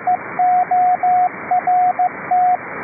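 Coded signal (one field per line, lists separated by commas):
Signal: Morse code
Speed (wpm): 15 wpm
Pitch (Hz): 730 Hz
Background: radio noise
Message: EORT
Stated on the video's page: Received on an RTL-SDR V3 dongle with a 40m dipole, direct sampling, no up-converter.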